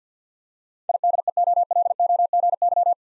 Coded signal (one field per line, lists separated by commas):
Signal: Morse code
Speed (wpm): 50 wpm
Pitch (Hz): 700 Hz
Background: none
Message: IDEOLOGY